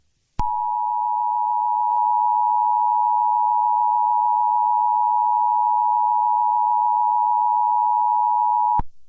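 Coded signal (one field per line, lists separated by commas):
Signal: Emergency Alert System (SAME) tones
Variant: 853 and 960 Hz attention tone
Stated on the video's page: Fictional EAS scenario, a made-up alert about SCP 096.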